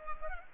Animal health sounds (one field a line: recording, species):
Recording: mosquito wingbeat signal from an infrared sensor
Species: Culex pipiens